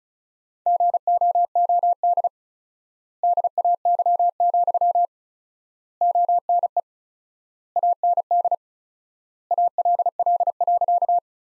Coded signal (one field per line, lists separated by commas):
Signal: Morse code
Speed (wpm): 36 wpm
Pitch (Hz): 700 Hz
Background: none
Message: GOOD DAY, ONE AND ALL.